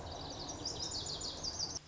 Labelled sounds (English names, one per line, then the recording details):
Lazuli Bunting
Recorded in Sonoma County, California